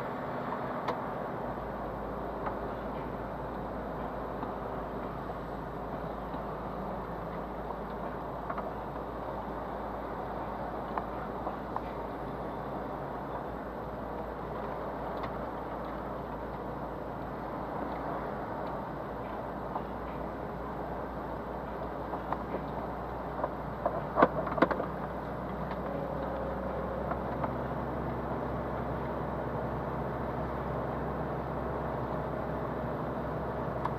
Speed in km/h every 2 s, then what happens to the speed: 28, 29, 29, 28, 29, 29, 31, 31, 30, 30, 30, 31, 31, 33, 32, 33, 34.
0-34 steady at about 30.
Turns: none.